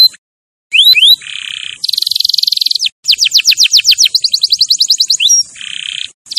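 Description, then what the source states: Canary song: high buzzy rolls alternating with rapid trills and quick down-slurred notes, phrases changing every second or so. Champion canary song used as a master recording for training other birds.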